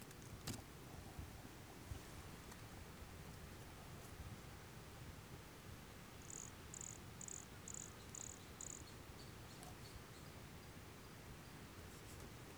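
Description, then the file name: Brachycephalus sulfuratus call: six short, high notes evenly spaced about half a second apart, over a quiet, rumbling background. Recorded near Jurupara dam on 29 September 2016; the animal was not collected. "Brachycephalus sulfuratus near Jurupara dam not collected 29 set 2016 MRBornschein"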